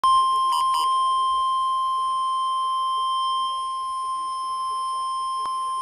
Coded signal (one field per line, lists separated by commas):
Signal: Emergency Alert System (SAME) tones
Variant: 1050 Hz attention tone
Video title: Severe Thunderstorm Warning (EAS #458)